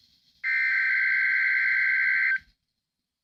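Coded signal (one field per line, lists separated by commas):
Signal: Emergency Alert System (SAME) tones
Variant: header bursts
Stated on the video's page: Required weekly test from NOAA weather radio WXJ71, conducted with the automated voice system.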